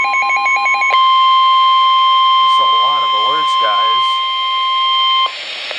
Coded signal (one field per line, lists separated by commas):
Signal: Emergency Alert System (SAME) tones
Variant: 1050 Hz attention tone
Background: speech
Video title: NOAA - Severe Thunderstorm Warning (EAS #846)